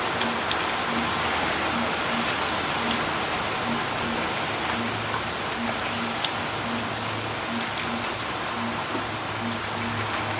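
Real rain falling in a small village in Mayenne, a dense, steady hiss that fills the whole ten seconds with little change in level. Fine drop patter crackles through it, and a faint low hum pulses regularly underneath.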